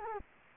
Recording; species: mosquito wingbeat signal from an infrared sensor; Culex quinquefasciatus